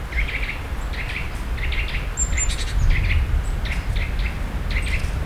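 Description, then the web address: Eurasian nuthatch calling in short clustered bursts of clipped notes, with a thin high whistle from another bird and a steady deep rumbling background. Another of its calls, recorded in nature in the Visegrád Hills, Hungary. "allathangok termeszetben csuszka masikhangja visegradihegyseg"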